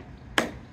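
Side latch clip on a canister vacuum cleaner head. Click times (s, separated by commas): 0.4 s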